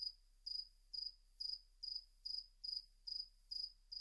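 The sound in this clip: Cricket chirping, high pulsed trills repeated steadily about twice a second, with a faint low hum underneath.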